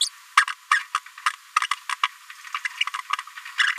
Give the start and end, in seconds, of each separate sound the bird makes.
0.01-0.05, 0.37-0.44, 0.71-0.80, 1.63-1.66, 1.71-1.73, 2.03-2.07, 2.64-2.67, 3.59-3.72